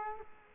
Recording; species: mosquito wingbeat signal from an infrared sensor; Culex quinquefasciatus